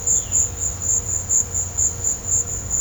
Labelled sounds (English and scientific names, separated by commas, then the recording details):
none
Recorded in pastures near Puerto Asís, Putumayo, Colombia, on 20 December 2024 at 16:30
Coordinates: 0.502, -76.324
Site G077